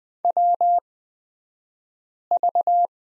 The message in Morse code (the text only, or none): WV